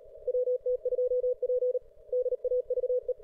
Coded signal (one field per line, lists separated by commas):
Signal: Morse code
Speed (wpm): 36 wpm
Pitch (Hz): 530 Hz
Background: radio noise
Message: WT2P DAVE